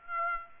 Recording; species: mosquito wingbeat signal from an infrared sensor; Aedes aegypti